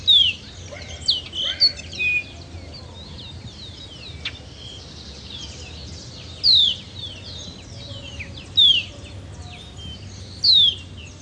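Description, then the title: Baywing giving several clear, high, down-slurred whistled notes amid busy chattering and twittering over a low rumbling background. "LuckyPassaro Completos2Sama. Baywing (Agelaioides badius)"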